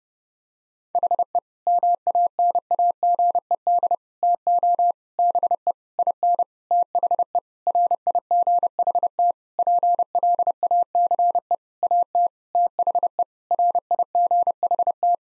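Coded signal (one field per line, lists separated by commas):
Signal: Morse code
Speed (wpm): 30 wpm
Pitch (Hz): 700 Hz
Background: none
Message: HE MANAGED TO BE IN THE RIGHT PLACE AT THE RIGHT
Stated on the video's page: Morse code sentence copying practice at 30 wpm built from common nine-word phrases; each sentence is sent in Morse, then spoken, then sent again.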